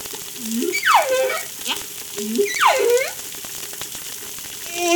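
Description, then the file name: Humpback whale song units: low upsweeping groans alternating with steep descending whistled sweeps, repeated twice, over steady underwater crackle and hiss. Recorded at Darewin, La Réunion on 3 July 2013. "Humpback Darewin La Reunion Jul 03 2013"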